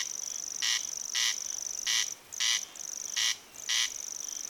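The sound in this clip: Corn crake giving its harsh two-part rasp, crex-crex, three pairs in quick succession against a steady high-pitched whine.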